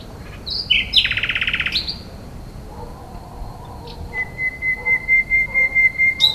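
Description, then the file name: Common nightingale song: a fast buzzy trill, then one long pure whistle with a few faint lower notes. "rossignol"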